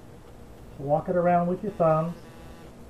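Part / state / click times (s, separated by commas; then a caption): plastic spout lid onto paint can rim / not seated / none. A plastic pour-spout lid is being worked around the rim of a paint can with the thumbs while someone talks. Only speech over a quiet background is heard, with no snap. The lid has not snapped on yet.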